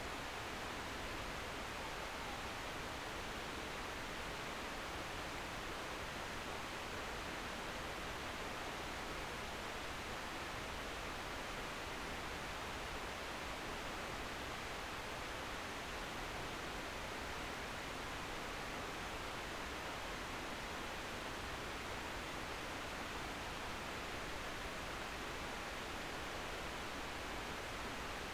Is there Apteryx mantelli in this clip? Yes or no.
no